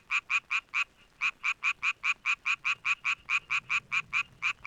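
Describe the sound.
Frog giving rhythmic raspy croaks, roughly four or five a second, with a short pause near the start before the even series resumes.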